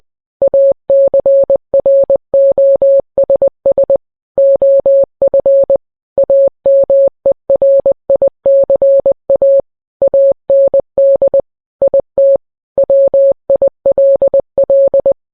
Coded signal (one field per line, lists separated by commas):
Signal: Morse code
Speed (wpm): 20 wpm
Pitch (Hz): 550 Hz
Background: none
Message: ACROSS OF AMERICA AND IT WILL